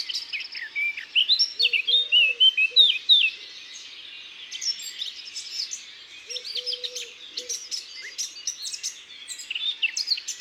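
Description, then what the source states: Eurasian blackcap song: fast, varied warbling phrases of high chattering and whistled notes in the first three seconds, then scattered chirps, with soft low whistled notes underneath. Isère, France.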